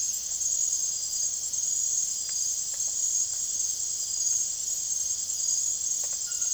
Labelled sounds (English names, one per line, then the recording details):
none
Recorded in secondary vegetation near Puerto Asís, Putumayo, Colombia, on 25 June 2025 at 01:00
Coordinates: 0.489, -76.322
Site G021